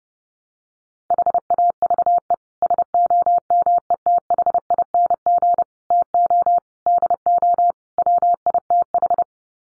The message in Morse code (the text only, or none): HAVE SOMETHING TO DO WITH